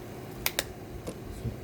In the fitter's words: hear that click that means you know it's good ready to go